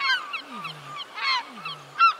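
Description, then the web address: Gull calls, a flock of overlapping nasal squawks rising and falling, with a loud yelp near the end and a low swooping tone repeating beneath. Multiple seagulls calling. "windybeachaudio. SEAGUL MULTIPLE"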